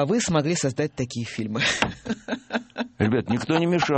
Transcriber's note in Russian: смеется